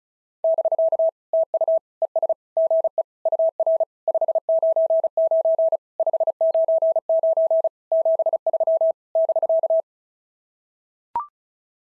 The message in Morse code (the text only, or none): <BK> TU ES GE UR 599 599 73 <BK>